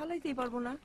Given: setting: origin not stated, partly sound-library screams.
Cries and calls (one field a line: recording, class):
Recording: one-second piece from a danger detection set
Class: normal situation